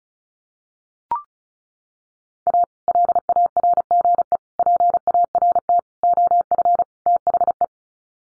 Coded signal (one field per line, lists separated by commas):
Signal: Morse code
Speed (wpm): 34 wpm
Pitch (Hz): 700 Hz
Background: none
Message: A LARGE PART OF THE